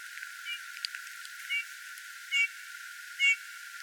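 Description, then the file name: Eurasian bullfinch giving gentle whistled piping notes, starting faint and growing clearer, spaced about a second apart, with a few light clicks. "Pyrrhula pyrrhula"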